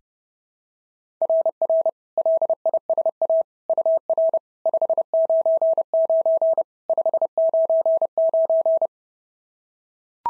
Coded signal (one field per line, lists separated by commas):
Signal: Morse code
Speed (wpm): 26 wpm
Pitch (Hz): 650 Hz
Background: none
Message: RR LISA UR 599 599